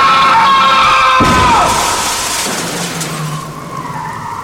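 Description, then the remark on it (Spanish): A car speeds in at full speed with a high, whining tire skid that slides downward, then a sudden loud crash as it strikes a man crossing the street, followed by a rumbling, fading aftermath of engine noise. “Nervioso por lo sucedido, cruzó rápidamente la calle, pero sin fijarse que venía un auto a toda velocidad, el cual lo impactó matándolo al instante.”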